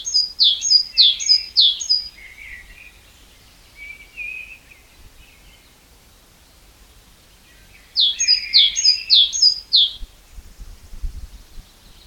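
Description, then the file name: Great tit song: a quick run of about five bright two-note phrases, each a high note dropping lower, then soft twittering and a second matching run near the end. "Parus major"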